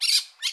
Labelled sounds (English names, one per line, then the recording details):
Brown-throated Parakeet contact call
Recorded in Curacao
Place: Hoffi Jan Thiel
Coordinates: 12.094, -68.877